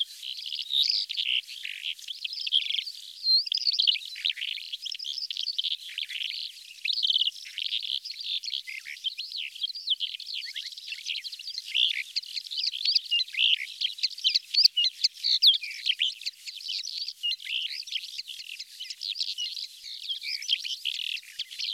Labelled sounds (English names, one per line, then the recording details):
Calandra Lark song
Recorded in the wild
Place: Kalmückensteppe, RU
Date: 2006-05-24
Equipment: MiniDisc Sharp MT 20 H
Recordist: Schwarz, Dieter